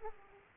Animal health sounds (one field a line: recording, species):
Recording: mosquito wingbeat signal from an infrared sensor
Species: Aedes aegypti